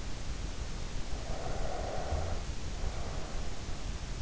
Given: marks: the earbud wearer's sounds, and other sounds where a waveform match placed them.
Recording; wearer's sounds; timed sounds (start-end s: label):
sounds in sleep by an in-ear microphone; breath
1.19-3.39 s: breath